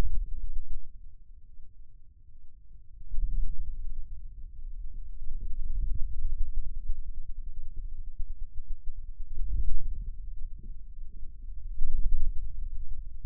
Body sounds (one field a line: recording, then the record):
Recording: forearm muscle sounds (acoustic myography)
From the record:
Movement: hand closing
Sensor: system 2, bracelet of six BSWA MPA416 microphones around the upper forearm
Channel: 5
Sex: male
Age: 22 years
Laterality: right